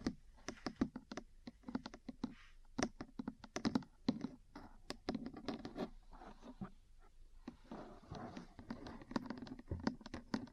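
Metal parts tap and scratch in quick, uneven bursts, sharp clicks following one another at a typing-like pace with short pauses between clusters. Between the taps, scraping rustles rise, thicker from about six to nine seconds, over a low steady hum.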